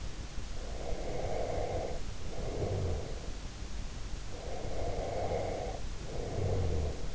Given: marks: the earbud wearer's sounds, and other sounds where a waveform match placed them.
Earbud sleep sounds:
sounds in sleep by an in-ear microphone; breath
0.63-3.46 s: breath
4.33-7.15 s: breath

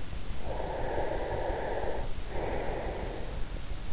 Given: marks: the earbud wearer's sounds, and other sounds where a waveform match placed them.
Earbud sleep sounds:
sounds in sleep by an in-ear microphone; breath
0.52-3.63 s: breath

